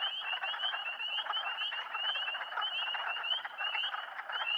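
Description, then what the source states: Spring peepers forming a steady wall of shrill rising peeps, with a dense rasping chorus underneath throughout. Several spring peepers calling together; posted in April 2008.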